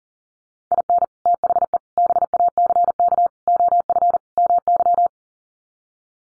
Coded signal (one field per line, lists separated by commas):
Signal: Morse code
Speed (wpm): 40 wpm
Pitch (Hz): 700 Hz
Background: none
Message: IN THE BACK OF MY